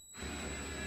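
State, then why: Not seated. A screw is driven into a drywall anchor in a drywall wall to hang a medicine cabinet or shelf, which clicks when it breaks through the back and is set. After a near-silent start, a steady broadband whirring noise with a low rumble and high-pitched tones rises at about 0.2 seconds and holds to the end. The anchor has not broken through or clicked yet; nothing has seated.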